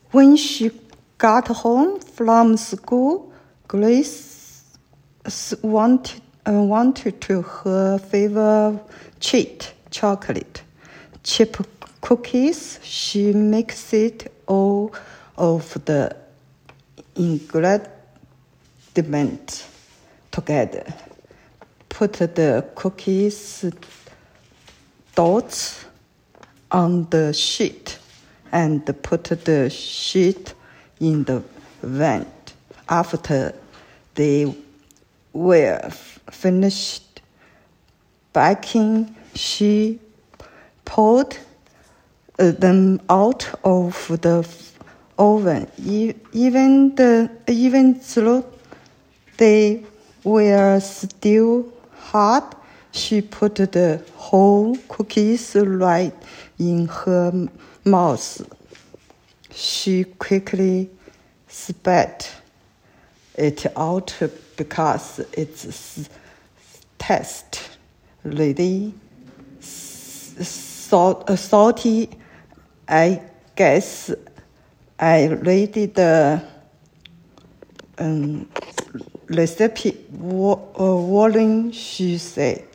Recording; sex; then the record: reading aloud after running; female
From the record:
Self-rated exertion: moderate exertion (3 of 6); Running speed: 7 miles an hour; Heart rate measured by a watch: 112 beats a minute at the start, 103 at the end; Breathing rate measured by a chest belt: 15 breaths a minute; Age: 58 years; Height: 160 cm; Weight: 52 kg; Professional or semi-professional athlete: no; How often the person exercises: over 5 times a week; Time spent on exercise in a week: over 5 hours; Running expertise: no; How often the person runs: 3 to 5 times a week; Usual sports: running, swimming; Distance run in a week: 30 miles